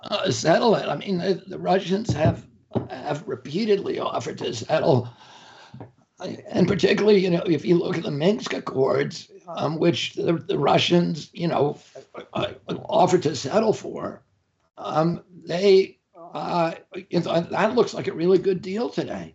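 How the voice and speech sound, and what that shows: Adult man speaking in a strained, broken voice with frequent pauses, typical of spasmodic dysphonia. The voice is that of a man whose voice sound is due to the spasmodic dysphonia he suffers from.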